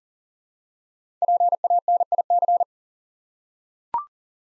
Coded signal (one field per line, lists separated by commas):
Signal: Morse code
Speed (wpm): 42 wpm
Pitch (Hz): 700 Hz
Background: none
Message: PANIC